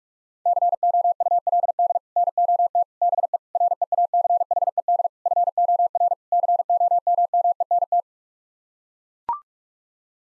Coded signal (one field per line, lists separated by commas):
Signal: Morse code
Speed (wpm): 41 wpm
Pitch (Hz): 700 Hz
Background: none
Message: COULD NOT BE REACHED FOR COMMENT